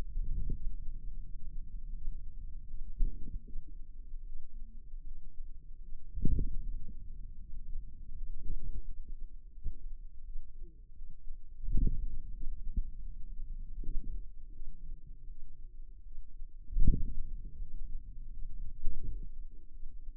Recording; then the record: forearm muscle sounds (acoustic myography)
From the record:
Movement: ulnar deviation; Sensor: system 2, bracelet of six BSWA MPA416 microphones around the upper forearm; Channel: 4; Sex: female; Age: 23 years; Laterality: right